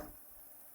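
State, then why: Not seated. A ridged plastic joint piece is handled over a matching ridged piece on a Robocop scale model, ready to be secured with a screw driven into a nut. A brief, soft low knock of handling opens the clip, then only a faint, steady hiss continues. Nothing has seated or clicked into place yet.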